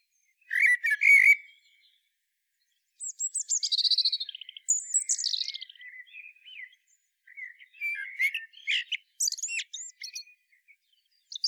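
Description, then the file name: Common blackbird song, a loud fluted phrase then a long run of high squeaky twittering and further mellow warbled notes. "Turdus merula"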